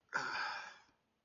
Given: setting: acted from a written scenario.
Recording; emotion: vocal sound without words; shame